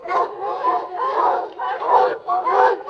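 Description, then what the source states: Seals barking and bellowing together, rough, throaty calls overlapping in several loud surges. A group of seals barking and vocalizing.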